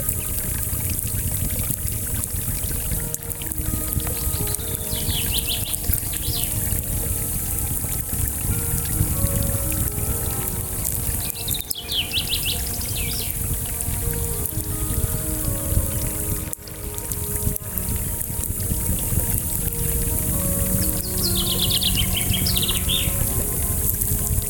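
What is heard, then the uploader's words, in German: A small brook trickles and splashes steadily throughout, a dense, unchanging wash of water sound. Short bright bird phrases, like chaffinch song, rise above it near the start, around the middle and near the end, with a few sharp pops from a campfire. Natur - Götterpfad, Amalfiküste. Es ist ein kleines Bächlein, ein Lagerfeuer und viele Vöglein (Buchfinken und Grünspecht konnte ich identifizieren) zu hören.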